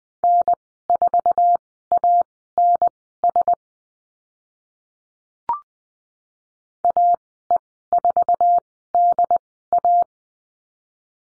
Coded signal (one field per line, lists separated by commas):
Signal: Morse code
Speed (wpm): 20 wpm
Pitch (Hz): 700 Hz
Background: none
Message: N4ANS AE4DA